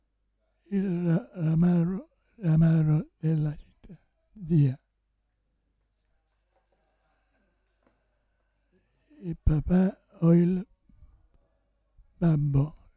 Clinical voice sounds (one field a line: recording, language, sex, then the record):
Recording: read passage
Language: Italian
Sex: male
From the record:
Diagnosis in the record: Parkinson's disease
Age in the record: 65 years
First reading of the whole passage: 164 s, 3.2 characters per second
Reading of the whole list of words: 151 s, 1.9 characters per second